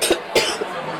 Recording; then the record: coughing mixed with background sound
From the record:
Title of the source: 55 gaggy wet cough